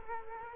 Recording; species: mosquito wingbeat signal from an infrared sensor; Culex quinquefasciatus